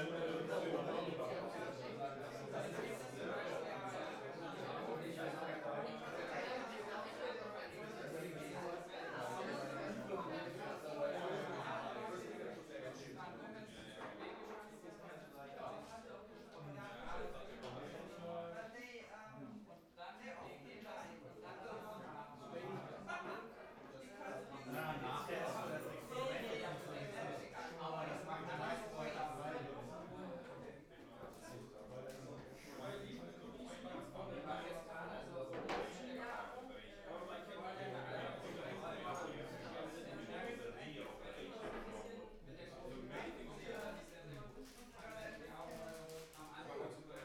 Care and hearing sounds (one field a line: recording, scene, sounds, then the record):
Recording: everyday scene through a hearing-aid microphone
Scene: many people talking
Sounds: many voices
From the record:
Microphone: behind the ear, right, front